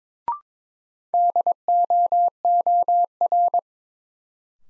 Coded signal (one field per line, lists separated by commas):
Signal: Morse code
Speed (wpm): 22 wpm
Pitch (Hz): 700 Hz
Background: none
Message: DOOR